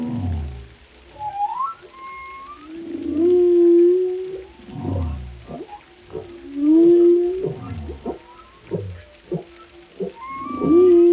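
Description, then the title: Whale song of descending groans, clicking pulses and drawn-out moans, with occasional higher whistles threaded between them. Compilation of varied whale vocalizations, including haunting moans and resonant calls, presented for relaxation. "Soothing Symphony of the Deep: Captivating Whale Sounds for Relaxation"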